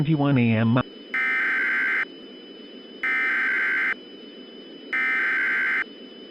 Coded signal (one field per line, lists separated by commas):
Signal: Emergency Alert System (SAME) tones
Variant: header bursts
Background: speech